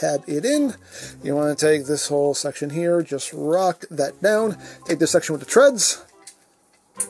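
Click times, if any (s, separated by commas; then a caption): 7.0 s. Someone talks while converting a plastic transforming robot figure to robot mode, rocking a section down and rotating the tread section up. A quieter tick comes at 6.3 s, then the tread section clicks into place against the leg/torso assembly with a sharp snap at 7.0 s, seated.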